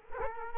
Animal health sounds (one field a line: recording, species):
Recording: mosquito wingbeat signal from an infrared sensor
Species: Culex quinquefasciatus